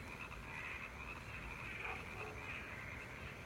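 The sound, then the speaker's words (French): A dense chorus of frogs croaking from the marshes below in the otherwise silent mountains of Aragon, a steady, insistent chirring trill that holds at an even loudness throughout with no voices. “Sauf les grenouilles. Ce chant entêtant vient des marais, en contrebas”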